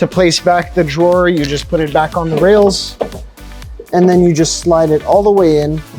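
A vanity drawer is being set back onto its rails and slid in, where its latch will lock onto the drawer rails. Someone talks over background music. Nothing has seated or clicked yet.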